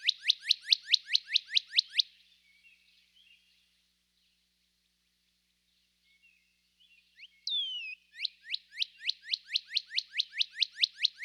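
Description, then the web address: Northern Cardinal repeating fast downslurred whistled notes for two seconds, a quiet gap with soft twitters, then a falling slur and another rapid downslurred series. Eastern North America. "Dan Gibson Wildlife Identification By Sound, Eastern North America Pt 2. Northern Cardinal"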